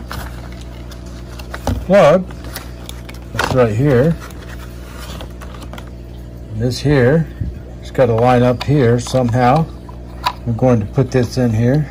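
A plug piece is handled and lined up on a plastic Wireless-N WiFi repeater before being pushed in, while someone talks. Small scrapes and taps are heard, and the plug has not yet seated or clicked.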